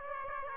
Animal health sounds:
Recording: mosquito wingbeat signal from an infrared sensor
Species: Aedes aegypti

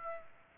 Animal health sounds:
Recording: mosquito wingbeat signal from an infrared sensor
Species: Aedes aegypti

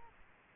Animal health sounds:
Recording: mosquito wingbeat signal from an infrared sensor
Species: Aedes aegypti

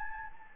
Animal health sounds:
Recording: mosquito wingbeat signal from an infrared sensor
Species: Anopheles gambiae

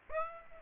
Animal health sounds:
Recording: mosquito wingbeat signal from an infrared sensor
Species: Aedes aegypti

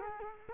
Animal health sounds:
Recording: mosquito wingbeat signal from an infrared sensor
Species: Culex quinquefasciatus

